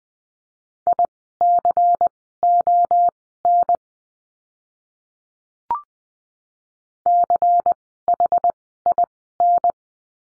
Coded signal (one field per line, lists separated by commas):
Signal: Morse code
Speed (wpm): 20 wpm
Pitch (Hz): 700 Hz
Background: none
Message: ICON CHIN